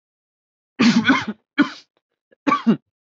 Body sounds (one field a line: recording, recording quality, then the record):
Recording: heavy voluntary cough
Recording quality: excellent, no background noise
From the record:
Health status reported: respiratory illness, not identified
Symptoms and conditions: asthma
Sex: male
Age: 22 years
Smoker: not ticked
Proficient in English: yes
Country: United States